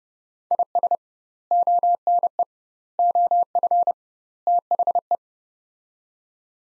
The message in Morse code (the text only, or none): IS ONE OF THE